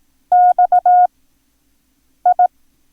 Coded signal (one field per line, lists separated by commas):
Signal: Morse code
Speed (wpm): 18 wpm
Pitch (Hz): 720 Hz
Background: none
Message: X I